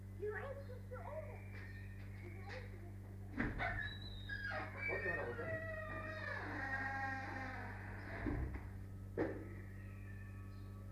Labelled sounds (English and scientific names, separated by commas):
Arctic Fox (Vulpes lagopus)